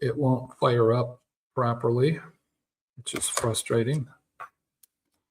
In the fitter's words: Simply snaps back into place.